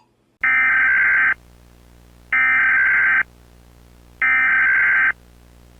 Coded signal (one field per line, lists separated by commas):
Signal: Emergency Alert System (SAME) tones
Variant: header bursts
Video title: Nuclear War - Nuclear EAS Scenario (EAS Apocalypse Scenario)